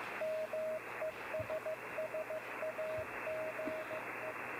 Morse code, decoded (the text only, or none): MESSAGE